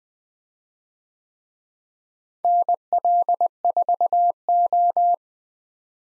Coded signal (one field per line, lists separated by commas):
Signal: Morse code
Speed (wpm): 20 wpm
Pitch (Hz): 700 Hz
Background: none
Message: NL4O